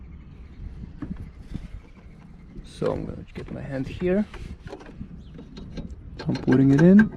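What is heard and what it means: A headlight bulb for a 2011–2017 Lexus CT 200 is brought toward the headlight housing socket, reached into the tight engine bay before being pushed in and twisted clockwise to lock. Soft handling rustles and a few faint ticks are heard while someone talks. The bulb has not seated or clicked yet.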